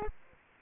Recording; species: mosquito wingbeat signal from an infrared sensor; Anopheles arabiensis